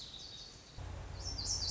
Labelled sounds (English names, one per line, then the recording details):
Lazuli Bunting
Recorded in Sonoma County, California